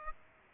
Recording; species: mosquito wingbeat signal from an infrared sensor; Aedes aegypti